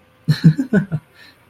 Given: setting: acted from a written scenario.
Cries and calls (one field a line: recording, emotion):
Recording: vocal sound without words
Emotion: amusement